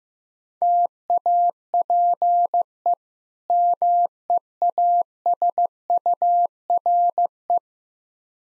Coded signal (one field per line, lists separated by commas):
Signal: Morse code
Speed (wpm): 15 wpm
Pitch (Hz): 700 Hz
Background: none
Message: TAPE MEASURE